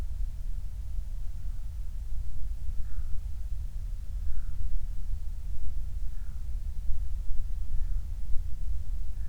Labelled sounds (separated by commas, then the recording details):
bird
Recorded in the Prudhoe Bay oil fields, Alaska, on 28 July 2019 at 05:41
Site 25